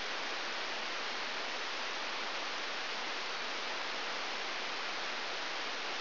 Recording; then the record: brain microelectrode recording played as sound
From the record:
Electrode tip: outside the subthalamic nucleus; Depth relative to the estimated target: -8 mm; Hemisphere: right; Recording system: AlphaMap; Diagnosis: Parkinson's disease